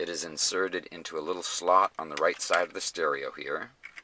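A metal slotted DIN removal key is pushed into a little slot on the right side of an Audi TT car stereo chassis while someone talks throughout. The key is only being handled, and nothing has clicked or latched into place yet by the end of the clip.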